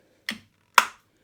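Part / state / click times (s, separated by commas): e-bike battery pack into bike frame mount / seated / 0.8 s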